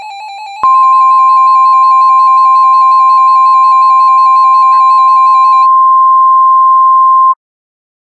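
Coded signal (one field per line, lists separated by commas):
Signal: Emergency Alert System (SAME) tones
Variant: 1050 Hz attention tone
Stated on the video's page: Fictional EAS scenario with siren audio.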